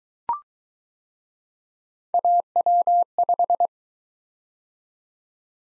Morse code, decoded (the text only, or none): AW5